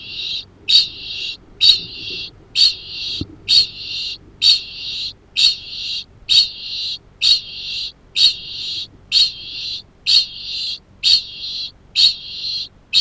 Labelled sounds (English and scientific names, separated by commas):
Kākāpō (Strigops habroptilus) ching call